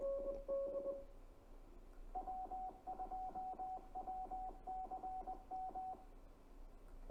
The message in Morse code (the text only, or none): W2WCM